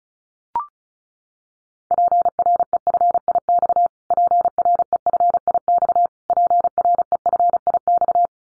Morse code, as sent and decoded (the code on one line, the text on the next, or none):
.--. .-. . ..-. .. -..- / .--. .-. . ..-. .. -..- / .--. .-. . ..-. .. -..-
PREFIX PREFIX PREFIX